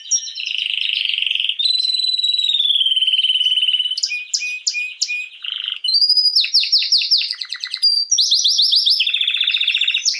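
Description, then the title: Canary song: a sustained whistled tone gently falling in pitch, followed by sharp chips and loud, fast, rolling trills repeated in bursts. Belgian canary male named Raiden singing a lot; meant to warm up young birds. "Esquente Seu Filhote E Canario Belga Macho Cantando Muito. Canrio Belga RAIDEN Cantando Muito - Esquente seu Canrio Belga"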